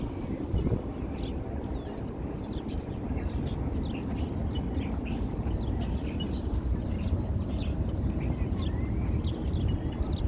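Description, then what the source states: Birds chirping, many brief high chirps and twitters throughout, over a steady low rumble of traffic. Recorded outside the Lincoln Memorial.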